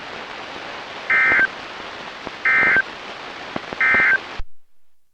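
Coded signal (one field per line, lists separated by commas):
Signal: Emergency Alert System (SAME) tones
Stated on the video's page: NOAA weather radio alerts received on a thrift-store Reecom R1650 set up in a garage, from 162.550, 162.475 and 162.450 MHz transmitters.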